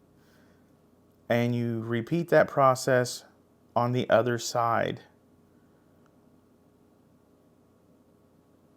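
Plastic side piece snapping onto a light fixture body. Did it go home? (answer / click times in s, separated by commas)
no / none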